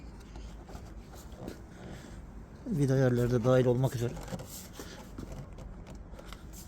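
A rear tail light housing on a Ford Fiesta is handled at the car body during a bulb replacement, with the aim of pressing it fully home, including at the screw mounting points. Someone talks over low handling and rustling noise, with faint brief sounds near 0.4 s, 5.2 s and 6.3 s. Nothing has seated or clicked yet.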